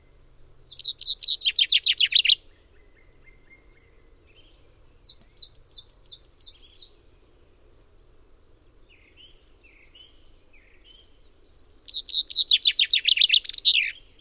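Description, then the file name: Common chaffinch singing three separate phrases, each a quick run of sharp descending notes, spaced several seconds apart, with faint high chirps between. "Fringilla coelebs"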